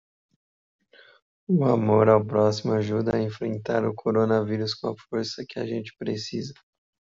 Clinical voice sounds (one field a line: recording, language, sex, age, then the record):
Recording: spoken sentence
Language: Brazilian Portuguese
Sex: male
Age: 20 to 29 years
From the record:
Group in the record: control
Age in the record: 25 years